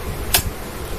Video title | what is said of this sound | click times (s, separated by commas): 臻禾興業有限公司 MORI 魔力 Mitsubishi 三菱 KT-430 割草機 新機組裝開箱篇 Part 1。中文 英文 雙字幕 內嵌影片 | Entendre un clic, c'est ça | 0.4 s